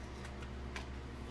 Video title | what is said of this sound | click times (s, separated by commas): Drift before Zohd - The ZOHD Drift FPV power glider with Kopilot unboxing. | let's see how that goes in there so that sort of slides in and clicks | 0.8 s